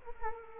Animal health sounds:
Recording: mosquito wingbeat signal from an infrared sensor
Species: Culex quinquefasciatus

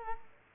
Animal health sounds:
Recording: mosquito wingbeat signal from an infrared sensor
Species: Culex quinquefasciatus

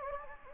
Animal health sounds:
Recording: mosquito wingbeat signal from an infrared sensor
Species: Anopheles gambiae

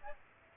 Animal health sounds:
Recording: mosquito wingbeat signal from an infrared sensor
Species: Aedes aegypti

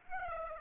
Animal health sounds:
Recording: mosquito wingbeat signal from an infrared sensor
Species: Aedes aegypti

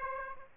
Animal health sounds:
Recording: mosquito wingbeat signal from an infrared sensor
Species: Aedes aegypti

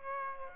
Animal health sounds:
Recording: mosquito wingbeat signal from an infrared sensor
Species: Aedes aegypti

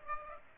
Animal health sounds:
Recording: mosquito wingbeat signal from an infrared sensor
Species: Aedes aegypti

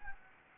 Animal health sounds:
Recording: mosquito wingbeat signal from an infrared sensor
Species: Anopheles gambiae

